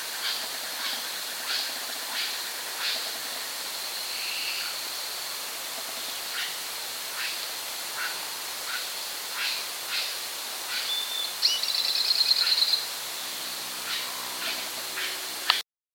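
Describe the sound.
Bird calls: short faint chips repeated many times, with a brief buzzy trill later on, all over a constant background hiss.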